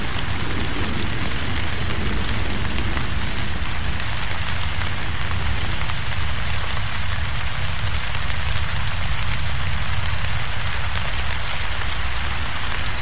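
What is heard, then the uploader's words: Steady forest rain falls without a break, a dense hiss of drops filling the highs with a low, rumbling wash underneath. The level holds constant throughout, even, with no distinct thunderclaps or other events standing out. Forest Rain Sounds.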